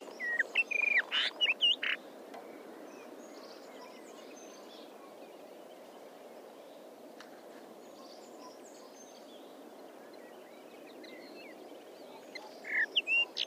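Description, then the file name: Rufous-tailed rock thrush giving short bursts of high, chattering notes at the start and again near the end, separated by a long quiet stretch over steady low background hiss. "Codirossone"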